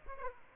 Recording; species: mosquito wingbeat signal from an infrared sensor; Aedes aegypti